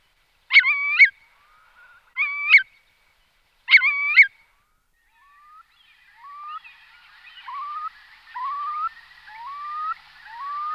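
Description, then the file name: Eurasian curlew giving three harsh, rasping calls about every one and a half seconds, then a run of soft, rising whistled notes growing louder. "Koliha velka Numenius arquata"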